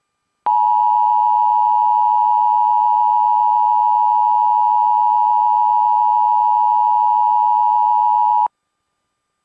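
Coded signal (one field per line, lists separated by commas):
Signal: Emergency Alert System (SAME) tones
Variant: 853 and 960 Hz attention tone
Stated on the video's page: Silver alert received on a NOAA weather radio (NWR) station.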